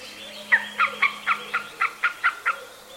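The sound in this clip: Eurasian jay calling a quick run of about nine short, nasal, harmonic notes, with a faint steady low hum underneath.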